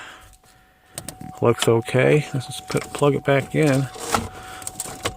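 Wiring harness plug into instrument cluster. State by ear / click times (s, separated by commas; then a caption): not seated / none. A wiring harness connector is pushed back into the back of the dashboard instrument cluster of a Trailblazer whose instrument cluster is dead, to test for a loose connection, while someone talks. Short handling knocks are heard near 1.0 s, 1.1 s, 4.7 s, 4.8 s and 5.1 s. Nothing has seated or clicked yet by the end of the clip.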